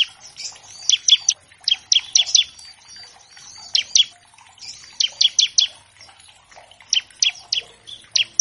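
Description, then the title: Bar-winged prinia: strident high chips in clusters of two to four, mixed with fainter twittering throughout. Master track of an actively singing (gacor) ciblek, used as a lure to train captive birds of all kinds and prompt them to sing quickly. "Masteran Ciblek Gacor Vs Kenari Gacor Untuk Masteran Semua Jenis Burung. Pancingan Ciblek bahan agar cepat bunyi. Burung Ciblek"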